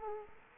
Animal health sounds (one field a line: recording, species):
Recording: mosquito wingbeat signal from an infrared sensor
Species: Culex quinquefasciatus